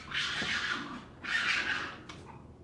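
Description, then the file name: Raccoon hissing: two long breathy hisses, each about a second, separated by a brief pause, followed by a short faint rasp. "Wildbruecke Welche Geraeusche macht der Waschbaer"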